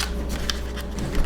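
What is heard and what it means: A folding plastic arm of an FQ777 FQ02W foldable toy FPV drone is being pushed into the drone body's locking hinge. Soft plastic handling is heard with brief ticks near 0.5, 1.0 and 1.3 seconds. The arm has not locked into place yet.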